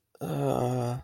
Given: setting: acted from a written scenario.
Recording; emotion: vocal sound without words; embarrassment